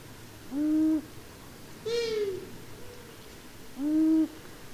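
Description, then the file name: Long-eared owl calls: two short, low hooted notes about three seconds apart, with a higher, drawn-out harmonic wail between them. "Hibou moyen duc"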